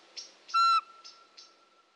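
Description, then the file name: Eurasian pygmy owl gives one brief, steady whistled note, surrounded by a few soft, high chirps. "Soweczka"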